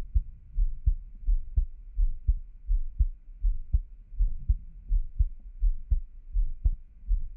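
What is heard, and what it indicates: Steady, regular low heartbeat thumps at about 83 beats a minute from an adult heart, recorded close up for ASMR with no talking.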